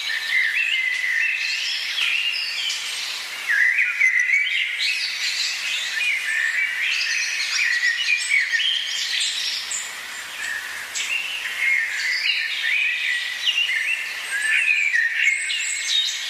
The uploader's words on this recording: Sounds of nature. Live in forest.